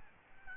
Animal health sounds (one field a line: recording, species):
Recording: mosquito wingbeat signal from an infrared sensor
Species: Aedes albopictus